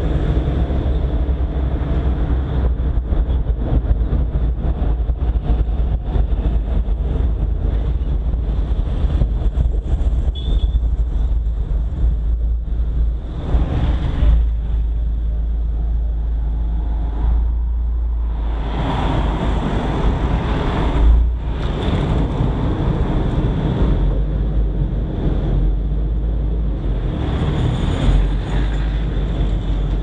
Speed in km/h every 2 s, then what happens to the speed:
36, 34, 29, 24, 19, 11, 6, 3, 2, 0, 0, 0, 0, 0, 0.
0-16 slows to 2. 16-30 standing.